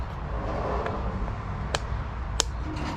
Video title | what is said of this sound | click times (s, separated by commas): How to install Quad lock mount on your Motorcycle | And you should hear that snap. | 2.4 s